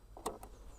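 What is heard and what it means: The plastic charging port cover on an Ola S1X Gen3 electric scooter is closed after charging, with the cap put back in place. A soft tap at 0.2 s leads into a sharp snap at 0.3 s, followed by a lighter tick at 0.4 s. The cover snaps shut and seats at 0.3 s.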